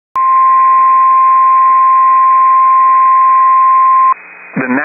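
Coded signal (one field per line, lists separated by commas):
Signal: Emergency Alert System (SAME) tones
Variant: 1050 Hz attention tone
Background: speech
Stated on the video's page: Live tornado warning EAS broadcast from a NOAA weather radio station.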